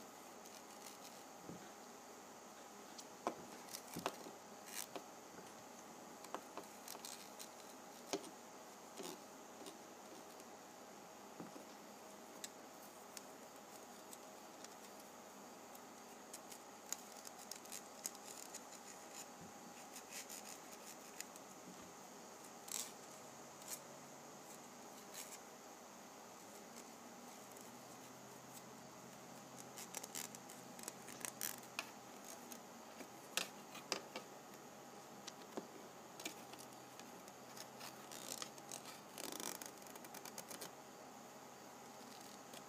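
Rubbing a penny's ridged edge, heard as short, sharp scratchy ticks scattered over a steady hum with faint tones. The ticks bunch up around thirty and forty seconds, and a low droning tone comes and goes in the second half.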